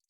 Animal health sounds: hydrophone in a shrimp aquaculture tank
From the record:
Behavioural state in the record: feeding

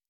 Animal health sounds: hydrophone in a shrimp aquaculture tank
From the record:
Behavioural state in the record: normal

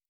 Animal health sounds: hydrophone in a shrimp aquaculture tank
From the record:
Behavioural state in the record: normal

